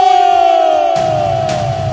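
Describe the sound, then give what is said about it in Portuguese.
A loud party crowd at a band's show in Nova Timboteua on 05.10.19 cheers and shouts in unison, one long sustained yell holding a steady pitch while fresh bursts of roaring noise swell in partway through. “Quem tá gostando do … faz barulho!”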